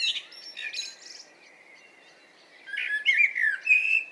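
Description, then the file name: Common blackbird singing a mellow warbled phrase with a high twittered ending, a quiet gap, then another rich fluting phrase with squeaky notes. "Turdus merula"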